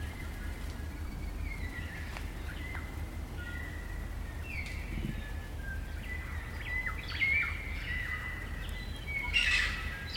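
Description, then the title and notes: Kaka chorus of thin level whistles and down-slurred notes, building to a burst of overlapping harsh calls near the end, over steady low-frequency background noise. Kaka, a large parrot, eerie dusk chorus in late spring at Karori Sanctuary near Wellington, New Zealand. "It's late spring at the Karori Sanctuary near Wellington, New Zealand and the kakas – a large species of parrot – are singing their eerie dusk chorus. BBC Countryfile Magazine's Sound Escapes. Recorded by Margaret Bartlett."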